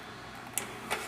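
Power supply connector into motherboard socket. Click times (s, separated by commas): 0.6 s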